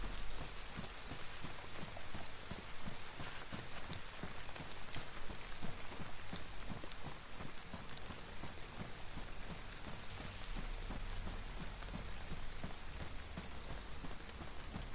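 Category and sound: nature, rain falling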